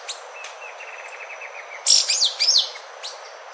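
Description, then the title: Yellow-green grosbeak song: a bright, high jumble of slurred chirps and buzzes, preceded by a soft, steady series of ticking notes. "LuckyPassaro Completos2Sama. Yellow-green Grosbeak (Caryothraustes canadensis)"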